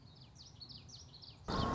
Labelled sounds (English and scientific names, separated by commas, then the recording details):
Common Yellowthroat (Geothlypis trichas)
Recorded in Sonoma County, California